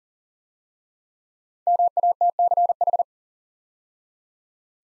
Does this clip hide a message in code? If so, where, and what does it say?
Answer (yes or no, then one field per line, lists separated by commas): yes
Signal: Morse code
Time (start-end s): 1.7-3.0 s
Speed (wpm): 42 wpm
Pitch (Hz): 700 Hz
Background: none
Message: MATCH